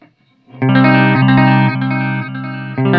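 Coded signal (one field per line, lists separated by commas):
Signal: none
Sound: guitar effects music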